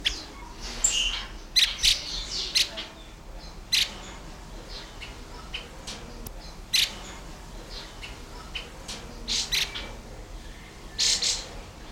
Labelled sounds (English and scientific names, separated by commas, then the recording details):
Red-tailed Minla (Minla ignotincta)
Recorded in captivity
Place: Zoo Berlin, Berlin, DE
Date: 1996-02-24 11:53
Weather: heiter, -6°C
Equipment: Sony WM-D6C, Sennheiser ME 80, Kopie Uher 4000 Report Monitor
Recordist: Tembrock, Günter
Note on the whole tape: Lautfolgen